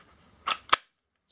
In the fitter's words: pretty much how it works as you heard it just clicked in there